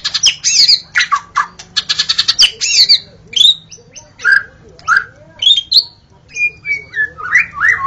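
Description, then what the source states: White-rumped shama song: a rich, fast run of loud whistles, harsh chatters and sweeping slurred notes, with short pauses between bursts. Natural song of a forest white-rumped shama.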